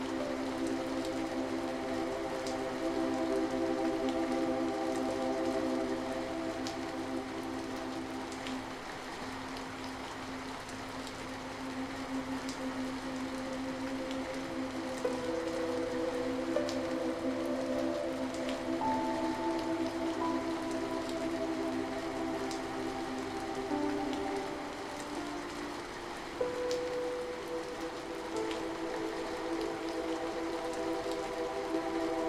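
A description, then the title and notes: Soft rain patters steadily throughout, a dense even hiss with scattered light drops. Beneath it, sustained low-to-mid piano tones hold long chords that shift slowly, with a brief bright note near twenty seconds and a change of chord around twenty-five seconds. Calming Rain & Relaxing Piano. Nature's sounds, rain and relaxing music.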